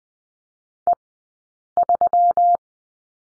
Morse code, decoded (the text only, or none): E3